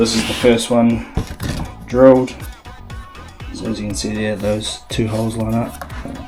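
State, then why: Not seated. While building the kitchen joinery for a Unimog camper, someone talks while handling a cupboard door hinge near its mounting plate on a wooden cabinet, with its two drilled holes lined up. Brief handling sounds occur around 2.9 and 3.4 seconds, but the hinge has not yet locked into place and nothing has seated or clicked by the end.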